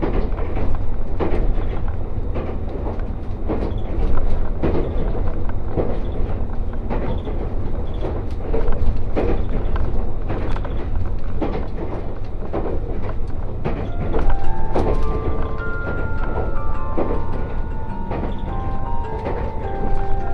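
Resort Shirakami train on the Gono Line: steady low rumble with frequent rail clicks, and a brief melodic chime appearing after fourteen seconds.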